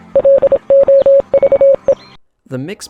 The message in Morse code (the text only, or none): LOVE